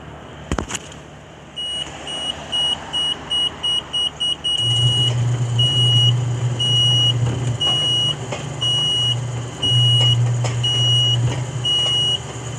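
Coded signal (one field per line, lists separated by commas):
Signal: alarm pattern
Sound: continuous high-pitched beeping, about one beep per second, over a low rumble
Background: vehicle engine hum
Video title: Edwardian Apartments Electric Gate B beeping at a lower alarm tone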